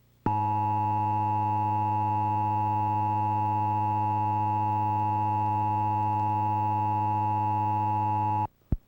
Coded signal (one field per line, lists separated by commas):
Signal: Emergency Alert System (SAME) tones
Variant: 853 and 960 Hz attention tone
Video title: Emergency Alert System Required Monthly Test (July 27, 1999)